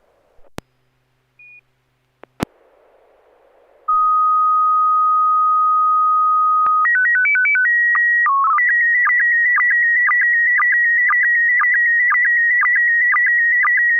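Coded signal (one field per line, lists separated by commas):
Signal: SSTV (slow-scan television)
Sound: clicks, a steady tone, quick alternating header tones, then a warbling scan with regular blips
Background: radio squelch clicks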